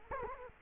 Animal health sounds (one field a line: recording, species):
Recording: mosquito wingbeat signal from an infrared sensor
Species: Culex quinquefasciatus